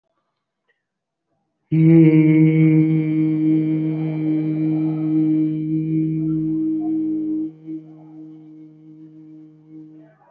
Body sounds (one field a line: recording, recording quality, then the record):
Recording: sustained vowel as in beet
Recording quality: excellent, no background noise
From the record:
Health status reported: COVID-19 positive, mild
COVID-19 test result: positive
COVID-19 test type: rapid antigen test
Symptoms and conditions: fever, fatigue, muscle pain, asthma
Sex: male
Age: 30 years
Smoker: no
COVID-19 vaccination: both doses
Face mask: worn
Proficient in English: no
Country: India